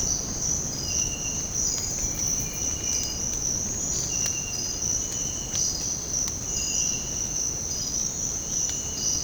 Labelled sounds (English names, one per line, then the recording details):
none
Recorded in secondary vegetation near Puerto Asís, Putumayo, Colombia, on 8 March 2025 at 06:30
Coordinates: 0.481, -76.318
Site G097